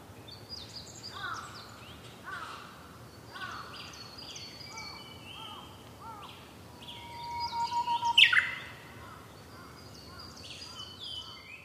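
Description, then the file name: Japanese bush warbler song: a low steady whistle ending in an abrupt bright flourish. Other birds chirp faintly throughout. "uguis"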